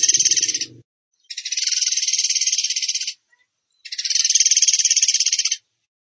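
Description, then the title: Bird song: high, fast, buzzy pulsed trills in three bursts, with a low rumbling sound beneath the first. Training song (masteran) for teaching songbirds, in the tembakan gacor style. "Masteran Burung Tembakan Gacor"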